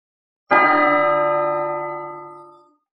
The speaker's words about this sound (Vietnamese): Tiếng chuông dằn dặc lại vang lên. Hắc Hoàng đã xông tới rồi. Nó lấy thần chuông hoàng kim trấn trụ cái đóa hoa sen màu xanh này, làm cho đóa hoa sen này khó lay động được nữa.